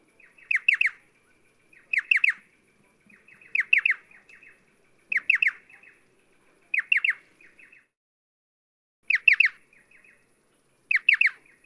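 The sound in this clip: Striated pardalote repeating a crisp three-part call several times, followed by faint trailing chips, with a quiet background.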